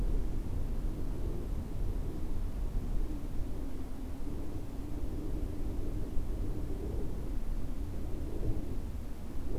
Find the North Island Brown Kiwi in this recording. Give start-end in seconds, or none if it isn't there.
none